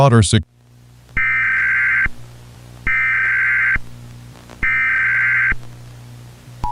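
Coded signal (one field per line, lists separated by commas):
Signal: Emergency Alert System (SAME) tones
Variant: header bursts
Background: speech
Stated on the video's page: Fictional World War Three nuclear EAS scenario, a remake made for entertainment.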